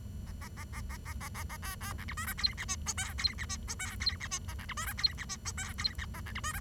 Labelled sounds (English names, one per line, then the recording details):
Bengalese Finch song
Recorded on 23 June 2012 at 09:49
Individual gr41rd51